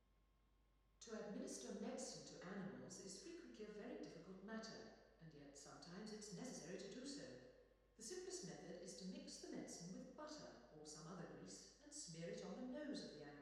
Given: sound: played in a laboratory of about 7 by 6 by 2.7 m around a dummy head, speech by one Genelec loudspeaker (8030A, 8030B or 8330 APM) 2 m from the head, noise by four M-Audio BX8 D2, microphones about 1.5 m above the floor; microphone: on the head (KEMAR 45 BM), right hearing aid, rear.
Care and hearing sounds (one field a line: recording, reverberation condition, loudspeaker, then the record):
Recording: female speech in English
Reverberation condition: high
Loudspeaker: 150 degrees to the left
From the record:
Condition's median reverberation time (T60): about 1300 ms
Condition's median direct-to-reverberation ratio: about -4.0 dB